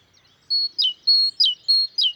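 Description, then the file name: Great tit song with three two-part phrases, a clear sustained high note then a quick falling note, sung briskly and evenly. "Parus major"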